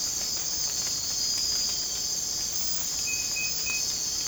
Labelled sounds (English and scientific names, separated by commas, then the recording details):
none
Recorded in secondary vegetation near Puerto Asís, Putumayo, Colombia, on 19 March 2025 at 03:30
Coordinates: 0.485, -76.322
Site G040